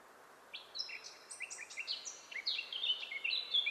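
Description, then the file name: Eurasian blackcap song: a rapid, varied warble of scratchy and clear whistled notes, starting after a brief pause and building into a richer, louder flourish toward the end. "Sylvia atricapilla"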